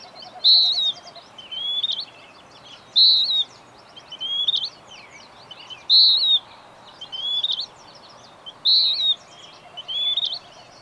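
Bird giving high whistled song phrases, alternating a strong bright note and a softer slurred one, with scattered faint chirps and background hiss.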